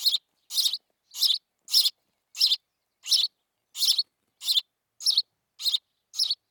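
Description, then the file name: House sparrow calling with rapid, harsh chirps, about eleven evenly spaced in six seconds, each loud and broad. "Passer domesticus"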